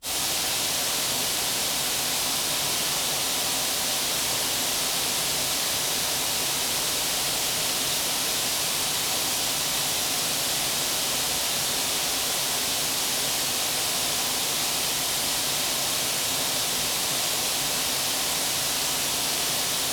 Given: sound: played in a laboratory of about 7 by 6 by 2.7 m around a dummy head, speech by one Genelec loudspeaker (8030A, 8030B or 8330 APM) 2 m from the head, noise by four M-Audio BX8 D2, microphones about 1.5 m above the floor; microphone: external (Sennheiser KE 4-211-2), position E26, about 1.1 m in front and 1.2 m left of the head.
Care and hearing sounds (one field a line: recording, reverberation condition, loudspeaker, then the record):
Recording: white noise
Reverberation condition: high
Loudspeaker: four, about 170 cm from the corners of the room and facing them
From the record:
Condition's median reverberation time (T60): about 1300 ms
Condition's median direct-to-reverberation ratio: about -4.0 dB